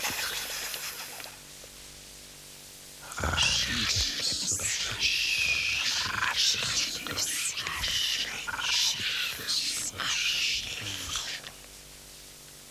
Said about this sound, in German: Enten fliegen auf. Enten fliegen auf.